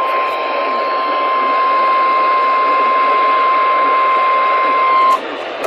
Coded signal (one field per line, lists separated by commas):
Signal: Emergency Alert System (SAME) tones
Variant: 1050 Hz attention tone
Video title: MORRISTOWN STRIKES AGAIN... EAS Alerts from 6/4/20 (EAS #4,415 - 4,422)